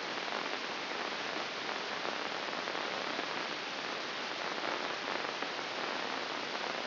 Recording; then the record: brain microelectrode recording played as sound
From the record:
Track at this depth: inside the subthalamic nucleus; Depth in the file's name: 1.154 mm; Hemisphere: right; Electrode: 2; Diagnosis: Parkinson's disease